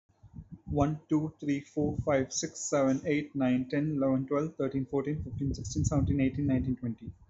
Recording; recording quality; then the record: counting at a fast pace; excellent, no background noise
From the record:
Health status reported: healthy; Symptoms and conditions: none ticked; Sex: male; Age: 27 years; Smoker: not ticked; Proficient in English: yes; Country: India